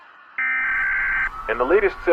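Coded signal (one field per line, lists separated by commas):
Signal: Emergency Alert System (SAME) tones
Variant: header bursts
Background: speech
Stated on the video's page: Fictional Grimace-themed EAS scenario, simulated alert tones.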